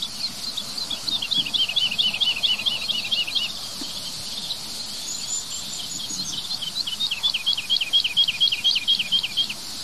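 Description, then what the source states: Woodlark song: two runs of quick, repeated notes that slide downward, separated by a clear pause. Sings over a large field, hovering directly overhead with many strong wingbeats, marking its territory; a falling song with repeated pauses.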